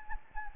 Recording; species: mosquito wingbeat signal from an infrared sensor; Anopheles gambiae